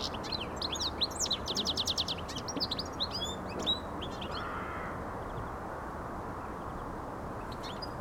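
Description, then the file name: European goldfinch song, a fast trill of repeated tinkling notes followed by scattered chirps, fading out halfway, over low background noise. "Carduelis carduelis"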